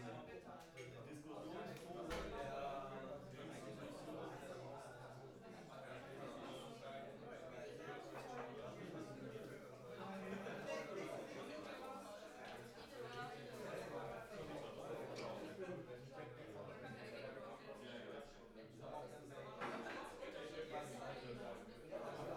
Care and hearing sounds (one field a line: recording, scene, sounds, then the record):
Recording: everyday scene through a hearing-aid microphone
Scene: many people talking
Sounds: many voices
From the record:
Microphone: behind the ear, left, front